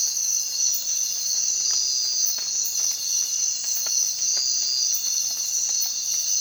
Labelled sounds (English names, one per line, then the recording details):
none
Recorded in secondary vegetation near Puerto Asís, Putumayo, Colombia, on 25 June 2025 at 04:30
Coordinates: 0.499, -76.323
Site G077